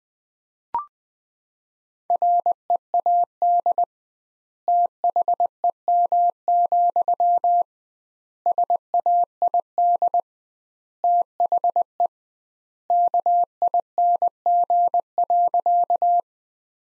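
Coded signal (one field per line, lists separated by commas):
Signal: Morse code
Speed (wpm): 20 wpm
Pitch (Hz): 700 Hz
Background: none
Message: READ THEM, SAID THE KING.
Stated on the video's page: Practice sentences from the top 400 words at 20 wpm with double standard word spacing, a Farnsworth-like method applied to words.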